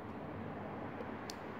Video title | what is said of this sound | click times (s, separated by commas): Business Talk: Tools you need to start window tinting (part 1) | so instead of having one click you see that that's one click right there | 1.3 s